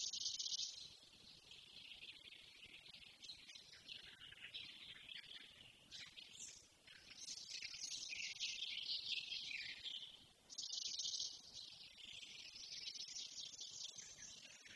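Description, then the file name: Eurasian blackcap song, an almost unbroken run of quick, high twittering and warbled notes, with louder bursts at the start and around eleven seconds. "Sylvia atricapilla"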